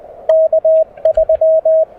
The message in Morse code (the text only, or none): K3